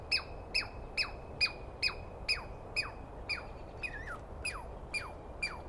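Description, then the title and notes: Douglas squirrel giving emphatic squawking notes with falling tails, around two a second, with one twisting, wavering note near the middle; faint background rumble. Recorded at dawn on 21 April 2017 in the East Cascades; a squirrel screaming at length, which the recordist, going by its sound, felt fairly sure was a Douglas Pine Squirrel. "Interview With The Chipmunk. On the morning of 21 April, 2017, I set up my microphones and recorder for a nice dawn recording in the East Cascades. I was started awake by a screaming Douglas Pine Squirrel"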